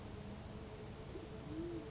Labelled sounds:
Band-tailed Pigeon
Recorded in Sonoma County, California

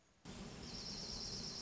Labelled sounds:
Dark-eyed Junco
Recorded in Sonoma County, California

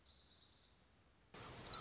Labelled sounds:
Orange-crowned Warbler
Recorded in Sonoma County, California

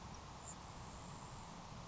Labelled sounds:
Grasshopper Sparrow
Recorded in Sonoma County, California

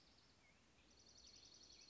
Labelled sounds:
Dark-eyed Junco
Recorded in Sonoma County, California

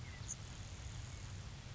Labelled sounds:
Grasshopper Sparrow
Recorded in Sonoma County, California

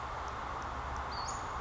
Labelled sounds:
Western Flycatcher
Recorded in Sonoma County, California

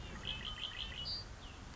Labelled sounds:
Red-winged Blackbird
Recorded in Sonoma County, California

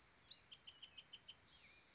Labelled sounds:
Bewick's Wren
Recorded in Sonoma County, California

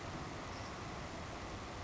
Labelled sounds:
Savannah Sparrow
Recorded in Sonoma County, California

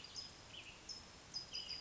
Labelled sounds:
California Towhee
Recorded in Sonoma County, California

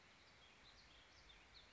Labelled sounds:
Warbling Vireo
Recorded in Sonoma County, California

